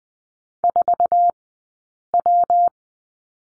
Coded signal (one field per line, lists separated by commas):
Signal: Morse code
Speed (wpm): 20 wpm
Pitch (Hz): 700 Hz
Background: none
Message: 4W